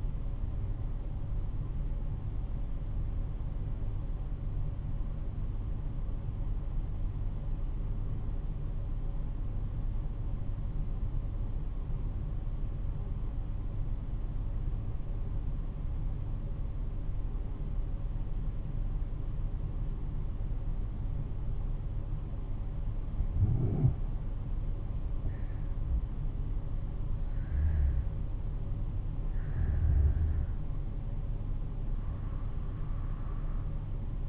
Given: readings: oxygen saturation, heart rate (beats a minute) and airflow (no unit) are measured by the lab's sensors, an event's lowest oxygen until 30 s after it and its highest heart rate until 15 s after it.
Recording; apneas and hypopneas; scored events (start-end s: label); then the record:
breathing in sleep by a smartphone at the bedside; 1
3.00-26.30 s: obstructive apnea (N2, oxygen 94% highest, then 85% lowest, heart rate 53 at the start, 62 highest)
29.00-34.29 s: new sleep stage, N1 (lightest sleep)
From the record:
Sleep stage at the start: N2 (light sleep); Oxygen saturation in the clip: 90 to 94%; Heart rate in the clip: 51 to 60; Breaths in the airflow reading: 4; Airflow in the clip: -7.0 to 9.8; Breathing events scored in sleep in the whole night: 388 in 6.5 hours asleep